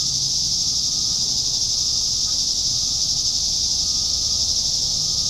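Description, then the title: Cicadas in a steady, unbroken high-pitched buzzing drone, constant in loudness throughout, with a faint thin tone underneath. "neoscenes: cicadas"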